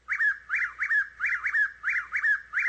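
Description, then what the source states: Chuck-will's-widow song, clear whistled swooping phrases sung rapidly back to back with barely a pause, several repeats in under three seconds. Male's loud night song; as spring heads into summer, certain individuals sing faster, breathless and frenetic, a constant refrain.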